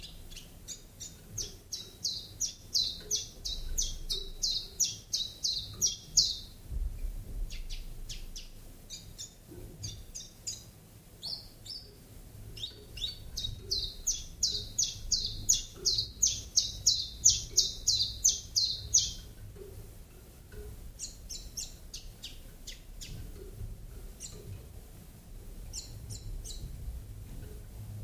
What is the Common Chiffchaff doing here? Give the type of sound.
song